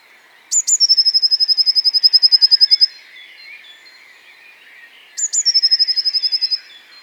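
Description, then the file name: Eurasian blue tit calling twice: brief high introductory notes, then a quick, steady, ringing trill, with soft chirping in the background between the bursts. "Cyanistes caeruleus"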